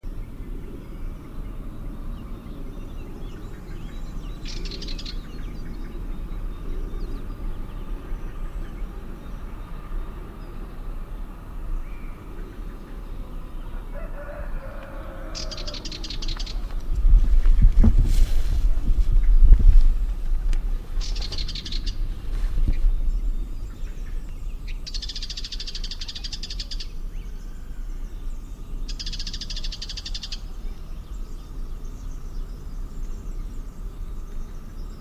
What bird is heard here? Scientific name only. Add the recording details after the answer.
Sylvia conspicillata. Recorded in the wild. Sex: male. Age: adult. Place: Praiano, Campania, IT. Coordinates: 40.7833, 14.5333. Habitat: Macchia. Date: 2004-04-04. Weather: 10°C, sunny, almost windless. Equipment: Tascam DA-P1, Sennheiser MKH 70, Windkorb. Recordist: Frommolt, Karl-Heinz